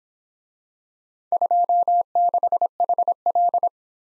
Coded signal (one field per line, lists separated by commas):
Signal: Morse code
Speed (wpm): 25 wpm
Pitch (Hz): 700 Hz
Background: none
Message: 26HL